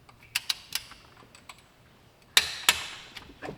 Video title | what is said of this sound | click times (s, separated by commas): LB7 Duramax Fix And Build Full Series! Big Turbo, Sac 45% And More! Heidi's Garage! | solid click there. | 2.4 s